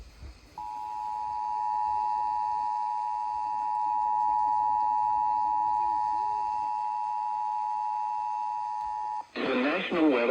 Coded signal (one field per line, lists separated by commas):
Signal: Emergency Alert System (SAME) tones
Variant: 853 and 960 Hz attention tone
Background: speech